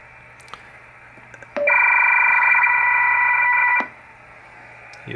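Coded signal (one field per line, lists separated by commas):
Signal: radio ID data burst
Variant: Motorola HF selcall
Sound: short click, then a two-second warbling multi-tone data burst, then quiet hiss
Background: radio static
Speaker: that's basically the cell call like I said if there is another station it will uh answer either automatically or uh if the user is present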